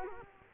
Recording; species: mosquito wingbeat signal from an infrared sensor; Culex quinquefasciatus